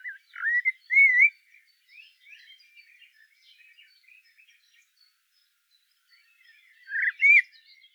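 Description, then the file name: Common blackbird song: rich, fluty warbled phrases near the start, a quiet twittering tail, then a louder whistled phrase again after a pause around seven seconds. "Turdus merula"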